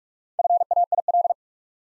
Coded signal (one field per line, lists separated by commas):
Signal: Morse code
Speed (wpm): 44 wpm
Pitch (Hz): 700 Hz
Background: none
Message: FAIL